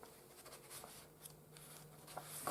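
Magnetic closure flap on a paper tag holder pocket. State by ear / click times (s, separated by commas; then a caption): not seated / none. A magnetised paper flap on a tag holder pocket is pressed closed again, with faint papery rustling over a steady low hum and a louder brushing bump at about 2.5 s. The flap sticks down but makes no snapping noise, so nothing has snapped shut; masking tape over the magnet is blamed.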